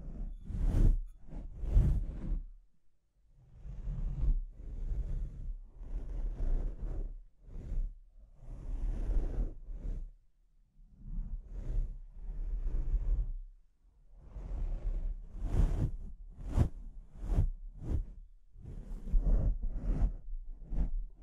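Scratching and rubbing against a microphone, in uneven bursts of rough, swishing noise with a constant low rumble underneath. Sharper, brighter scrapes cluster near the start and again from about 15 seconds on, while longer, duller rubs fill the middle.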